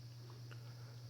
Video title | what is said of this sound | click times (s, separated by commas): Alienware Alpha Unboxing, SSD and RAM Upgrade Tutorial | it'll snap right into place so | 0.5 s